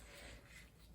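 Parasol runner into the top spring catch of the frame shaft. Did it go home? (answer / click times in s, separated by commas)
no / none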